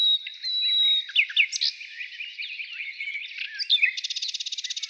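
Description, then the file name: Nightingale song: a long steady whistle, then varied chirps and slurred notes, ending in a rapid, evenly repeated trill. Morning. "Utro i solovey"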